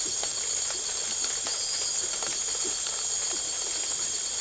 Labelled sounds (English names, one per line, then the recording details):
none
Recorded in secondary vegetation near Puerto Asís, Putumayo, Colombia, on 8 March 2025 at 03:30
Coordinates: 0.488, -76.319
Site G095